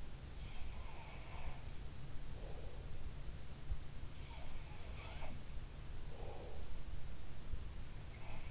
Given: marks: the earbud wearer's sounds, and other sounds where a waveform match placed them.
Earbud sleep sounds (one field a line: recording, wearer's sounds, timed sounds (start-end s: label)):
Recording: sounds in sleep by an in-ear microphone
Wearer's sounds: breath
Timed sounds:
0.57-1.80 s: sound from someone else or the room
2.20-2.91 s: breath
4.12-5.50 s: sound from someone else or the room
5.94-6.81 s: breath